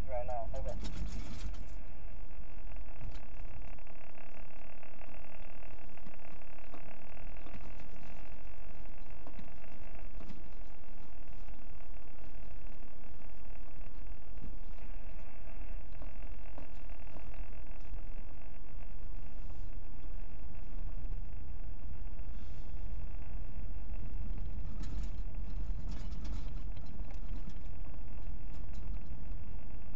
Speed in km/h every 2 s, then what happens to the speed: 21, 5, 5, 10, 11, 11, 13, 15, 16, 24, 29, 34, 35, 34, 32.
0-2 brakes to 5. 4-23 speeds up to 35. 23-30 steady at about 34.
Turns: none.